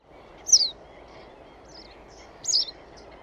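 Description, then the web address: Bird giving two high, thin chirps about two seconds apart over steady background noise. "cianscape birddata Deverinetal 2025"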